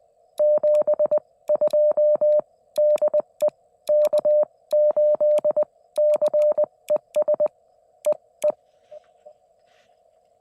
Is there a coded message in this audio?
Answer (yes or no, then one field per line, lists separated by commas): yes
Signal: Morse code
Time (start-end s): 0.4-8.5 s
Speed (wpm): 20 wpm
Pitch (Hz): 600 Hz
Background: none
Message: 72 DE K8CES EE